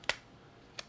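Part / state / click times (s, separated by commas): plastic middle case section onto single-board computer base case / seated / 0.1 s, 0.8 s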